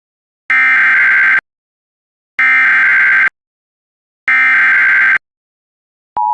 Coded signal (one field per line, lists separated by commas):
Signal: Emergency Alert System (SAME) tones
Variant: header bursts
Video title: EAS #743 Immediate Evacuation